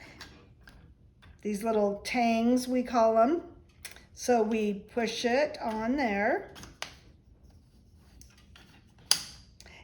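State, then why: Seated. Someone talks while a binding spool is pushed onto the small spring tangs of a plastic winding tool, with a few faint ticks and clicks in between. A sharp, loud snap at 9.1 s marks the spool seating into place.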